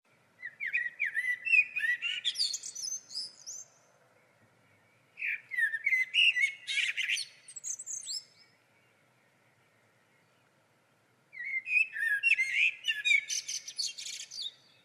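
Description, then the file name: Common blackbird song, three separate phrases with pauses between, each opening with mellow warbling and ending in high, scratchy twitters. "Turdus merula"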